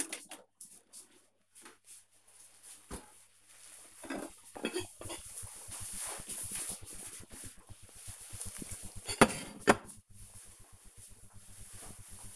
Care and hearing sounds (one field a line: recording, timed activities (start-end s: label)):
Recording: household activities, microphone on the right wrist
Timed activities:
0.00-12.36 s: putting away the dishes